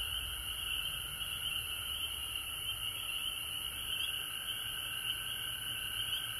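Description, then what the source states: Many frogs calling together in a steady, high, trilling chorus with a fainter lower tone and occasional brief higher chirps. Several frogs recorded at home in Georgia on March 19, 2020.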